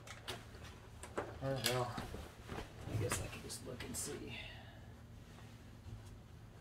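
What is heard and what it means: After the rear door latch is reinstalled on a 2011–2021 Jeep Grand Cherokee WK2, the rear door window glass is test-run toward its seal in the door frame while someone talks. A few short knocks and handling sounds come through under the speech. The glass has not yet popped into the seal, and nothing has seated yet.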